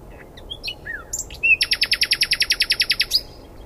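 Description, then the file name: Common nightingale song: soft whistles and a slurred note, then a fast, even trill of many loud repeated pulses. "Luscinia megarhynchos"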